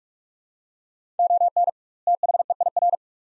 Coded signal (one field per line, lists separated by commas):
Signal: Morse code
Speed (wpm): 46 wpm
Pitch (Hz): 700 Hz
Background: none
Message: ON THEIR